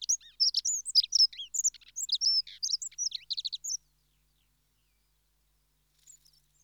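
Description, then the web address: Dunnock singing a quick jumbled warble of high squeaky twitters for almost four seconds, ending in a short trilled flourish, then near silence. "BBC Sound Effects Library. Dunnock (Prunella Modularis)"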